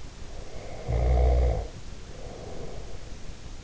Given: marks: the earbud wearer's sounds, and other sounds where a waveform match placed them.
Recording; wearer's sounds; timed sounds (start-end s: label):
sounds in sleep by an in-ear microphone; snoring breath
0.26-3.27 s: snoring breath